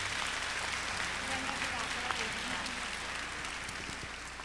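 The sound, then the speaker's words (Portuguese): A church audience applauds for Jesus in a steady, dense wash of clapping that holds at an even level throughout, with faint voices murmuring underneath. “Vamos aplaudir a Jesus.”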